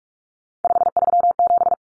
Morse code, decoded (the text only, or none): 537